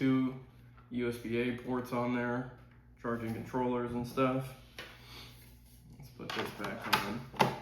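Someone talks while handling the plastic back cover of a Switch 2 game console dock, getting ready to put it back on, with light plastic clatter and taps near the end. The cover has not snapped into place yet, and nothing has seated or clicked.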